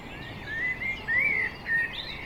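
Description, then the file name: Common blackbird giving a short fluted, slightly rising and falling phrase with a brief higher note, heard over a low rumbling background. "Turdus merula"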